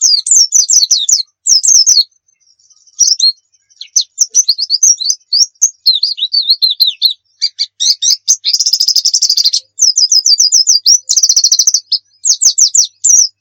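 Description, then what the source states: White-eye song: a long, rapid twittering of high, sharp chirps and slurred notes, with a short pause near two seconds and a dense buzzy trill around nine seconds. Muria-type white-eye (pleci Muria) singing actively (gacor); masteran recording meant for training pet birds to sing.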